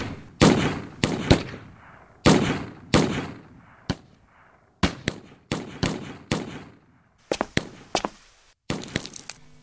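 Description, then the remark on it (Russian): Harquebus gunfire in battle, Zaporozhian Cossacks firing without pause: repeated loud, sharp shots, some in quick pairs and clusters, each with a rolling boom that fades between volleys. No voices. “Продолжай палить из пищалей. Ни на минуту не давай промежутка.”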